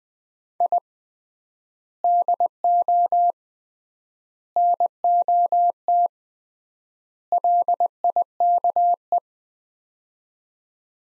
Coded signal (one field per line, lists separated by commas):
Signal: Morse code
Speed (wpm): 20 wpm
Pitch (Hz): 700 Hz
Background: none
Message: I DO NOT LIKE